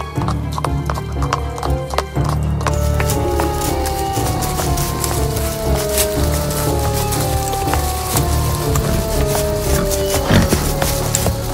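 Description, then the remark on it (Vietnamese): Horses being ridden as a group sets off on a journey gallop with a steady, rapid clip-clop of hooves, dense percussive beats over a low rumble, while a horse briefly whinnies and a soft patter like rain runs underneath. “Vậy là họ phi ngựa lên đường mà không có thêm người lính nào hộ tống, vì không muốn làm lão pháp sư thêm tức giận.”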